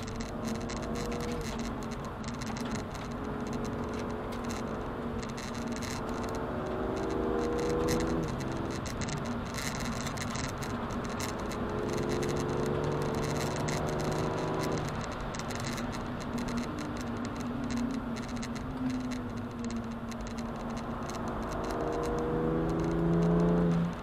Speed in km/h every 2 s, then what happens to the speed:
120, 118, 126, 134, 142, 150, 158, 156, 135, 112, 115, 119.
3-13 speeds up to 158. 13-18 brakes to 112. 18-24 steady at about 115.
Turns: 15-21.